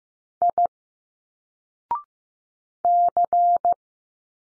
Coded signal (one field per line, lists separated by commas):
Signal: Morse code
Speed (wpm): 15 wpm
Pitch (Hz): 700 Hz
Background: none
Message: I C